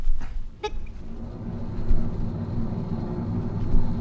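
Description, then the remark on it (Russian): An airplane engine starts up, a brief sharp burst giving way to a steady, low droning rumble that holds its pitch throughout, with no voices. “Включается двигатель.”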